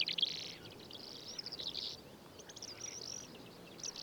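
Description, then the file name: Calandra lark producing soft, scratchy chirping and buzzy fragments in loose runs, partly blurred by continuous low background noise. "suara call calandra lark"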